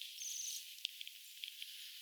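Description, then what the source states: Bohemian waxwing giving a thin, very high trilled call lasting about half a second, followed by several soft scattered clicks and ticks. First waxwing sighting of the season, 6 October 2024.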